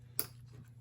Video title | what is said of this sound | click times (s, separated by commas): Replacing battery Shark ION Robot R75 Smart Vacuum | So you should push it in where you hear that click. Should have heard that click here, as I did. It was pretty loud. | 0.2 s